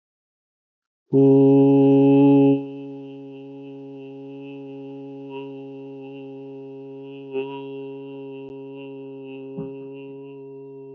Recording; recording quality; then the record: sustained vowel as in boot; excellent, no background noise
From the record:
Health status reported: healthy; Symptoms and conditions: cough, cold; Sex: male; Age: 24 years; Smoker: not ticked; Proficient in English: yes